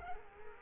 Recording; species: mosquito wingbeat signal from an infrared sensor; Culex quinquefasciatus